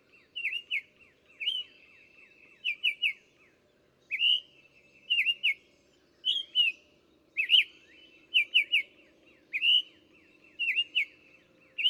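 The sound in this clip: Bird giving a steady run of short whistled phrases of one to three twisting notes with high ticks, about one per second, over a soft low background hum.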